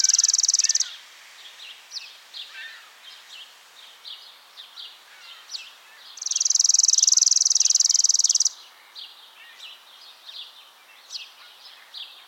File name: Spizella passerina - Chipping Sparrow